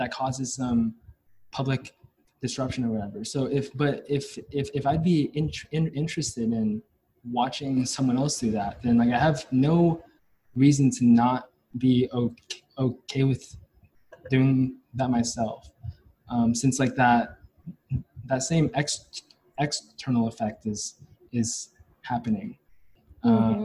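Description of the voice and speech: Adult man speaking with word repetitions, stretched sounds and frequent hesitant pauses, consistent with stuttering present since age 5 or 6. He has had speech therapy, and his biological father and maternal grandfather also stutter.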